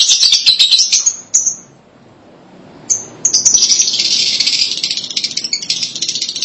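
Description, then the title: Lovebird chirping, dense high squeaky twitters in bursts, a short pause near two seconds, then a long continuous chattering run. "BM Suara Burung Lovebird"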